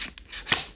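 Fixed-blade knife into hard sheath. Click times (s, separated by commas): 0.2 s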